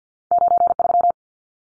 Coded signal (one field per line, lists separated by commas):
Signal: Morse code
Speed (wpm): 50 wpm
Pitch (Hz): 700 Hz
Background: none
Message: 93